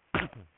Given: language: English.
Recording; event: throat vibration sensor signal played as sound; cough